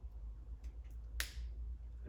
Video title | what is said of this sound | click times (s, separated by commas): How to Don and Doff an FFP3 Respirator | pointer you hear it click | 1.2 s